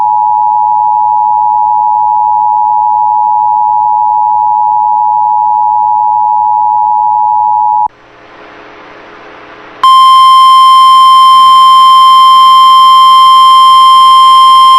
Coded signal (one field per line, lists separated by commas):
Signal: Emergency Alert System (SAME) tones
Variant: 853 and 960 Hz attention tone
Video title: [EAS] Minnesota 2023 Statewide Tornado Drill 1:45 PM Afternoon Drill